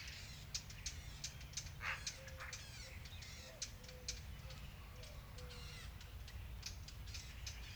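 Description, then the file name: Eurasian blackcap giving hard clicking tac calls in a steady series, over a low rumble with faint other notes. "Sylvia atricapilla"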